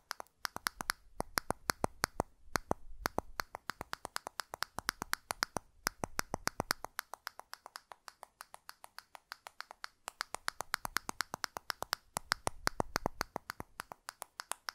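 Rapid, sharp button clicks and taps sound throughout, arriving in quick, fairly regular bursts of several per second. Each click is short and crisp. A few brief pauses break the run near three and ten seconds, and a low rumble swells underneath at times.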